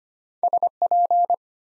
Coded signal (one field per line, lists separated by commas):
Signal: Morse code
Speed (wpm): 25 wpm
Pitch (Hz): 700 Hz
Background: none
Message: SP